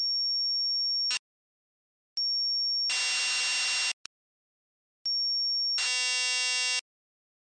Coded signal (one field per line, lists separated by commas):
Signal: none